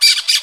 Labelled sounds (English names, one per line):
Brown-throated Parakeet contact call